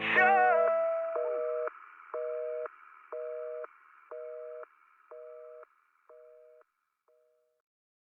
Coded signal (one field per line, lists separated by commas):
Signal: telephone call progress tone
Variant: North America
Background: music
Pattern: busy tone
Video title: Nothing but the 'Dial Tone' Dance